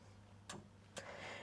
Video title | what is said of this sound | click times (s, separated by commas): A Day in my Small Business..... Until Something Unexpected Happened. | just not clicking into place at the moment. | none